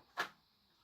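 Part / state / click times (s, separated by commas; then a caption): movable plastic piece locking onto a level of a toy playset / seated / 0.2 s. A movable plastic piece on a vintage Kenner Star Wars Death Star toy playset is moved to a level and locked into position. A single sharp, short click lands at 0.2 s, then near silence follows. The piece is seated and locked in place.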